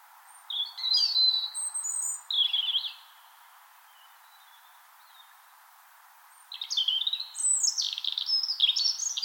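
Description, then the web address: European robin singing high, thin warbling phrases with sliding whistles and rapid trills, a pause of over three seconds, then a longer, richer tumbling phrase. Spring morning song, Finland. "Punarinta lauri hallikainen. punarinnan laulu sulostuttaa kevataamuja"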